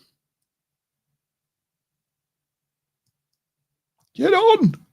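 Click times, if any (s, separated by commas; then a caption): none. A plastic building-brick piece is handled over the two flat pieces on top of a brick model structure, with near silence for about four seconds before someone talks briefly at the end. Nothing has seated or clicked yet.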